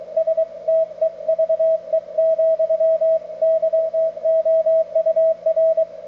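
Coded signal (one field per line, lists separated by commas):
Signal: Morse code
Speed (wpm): 25 wpm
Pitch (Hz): 650 Hz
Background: radio noise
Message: STEVE, YOUR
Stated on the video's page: CW contact using a vintage Collins 32V2 transmitter and 75A4 receiver.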